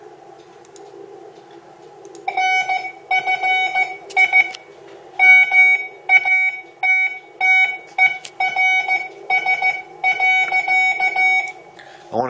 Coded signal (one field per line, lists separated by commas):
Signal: Morse code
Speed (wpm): 15 wpm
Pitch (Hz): 2250 Hz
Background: speech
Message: NFI MATTERS.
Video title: MFJ Pocket Morse Code Tutor